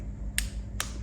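A torque wrench on an extension tightens the first new spark plug into the cylinder head of a Ducati Monster S2R 1000. It gives two sharp clicks at 0.4 s and 0.8 s, confirming the plug has reached its torque setting.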